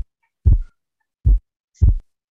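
Heart sound simulator: heart sounds at a normal rate with a split second heart sound (S2), a physiological split whose separation is influenced by inspiration and expiration.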